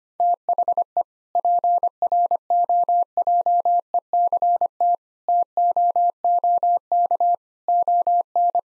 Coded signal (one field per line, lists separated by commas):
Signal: Morse code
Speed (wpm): 25 wpm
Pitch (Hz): 700 Hz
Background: none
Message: THE PROJECT TOOK ON